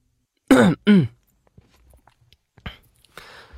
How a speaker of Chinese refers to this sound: 展昭咳嗽了一声，想了想才开口。